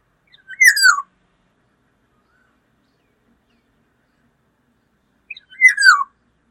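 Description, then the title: Black-naped oriole singing a mellow descending whistle, given twice about five seconds apart in an otherwise quiet setting. "Kepodang"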